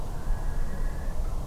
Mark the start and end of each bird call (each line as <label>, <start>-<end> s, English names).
Western Barn Owl, 0.12-1.12 s